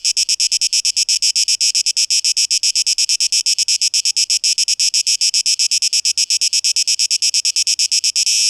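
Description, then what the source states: Cicada song, an even, rapid pulsing buzz high in pitch, continuing unchanged to the end. Recorded 12 August 2023.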